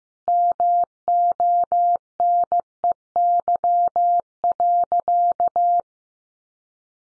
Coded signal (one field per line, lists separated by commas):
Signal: Morse code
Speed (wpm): 15 wpm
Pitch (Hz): 700 Hz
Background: none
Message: MONEY.